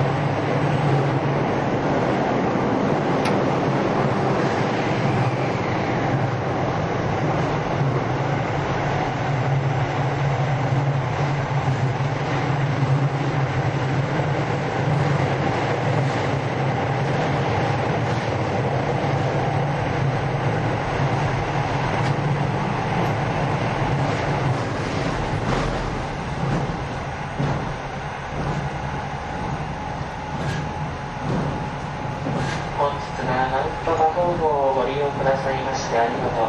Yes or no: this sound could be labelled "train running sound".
yes